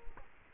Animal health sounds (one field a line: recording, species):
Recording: mosquito wingbeat signal from an infrared sensor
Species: Culex quinquefasciatus